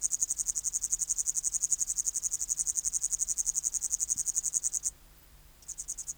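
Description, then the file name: Upland green bush-cricket song, a rapid, high-pitched buzzy pulsing that runs unbroken for about five seconds, pauses briefly, then starts again. "Tettigonia cantans"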